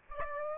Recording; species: mosquito wingbeat signal from an infrared sensor; Aedes aegypti